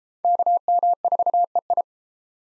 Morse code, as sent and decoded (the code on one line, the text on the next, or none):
-.- -- ....- . ..
KM4EI